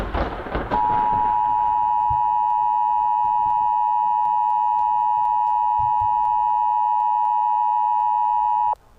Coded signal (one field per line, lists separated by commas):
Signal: Emergency Alert System (SAME) tones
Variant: 853 and 960 Hz attention tone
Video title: Obliterated (EAS Scenario)